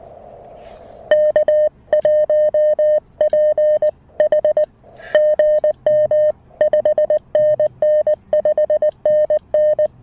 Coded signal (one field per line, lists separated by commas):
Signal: Morse code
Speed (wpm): 19 wpm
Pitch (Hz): 1800 Hz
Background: music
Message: K1PH GM 5NN 5NN